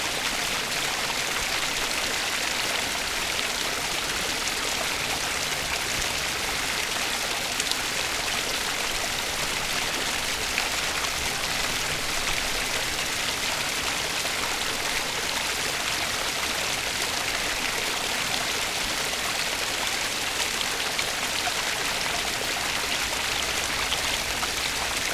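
A stream runs steadily close by, its water a dense, constant hiss and trickle weighted toward the bright end. The flow barely changes over the whole stretch, with only tiny splashes and gurgles flickering through the even rush and no other sounds.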